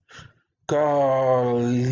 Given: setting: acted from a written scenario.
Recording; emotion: vocal sound without words; guilt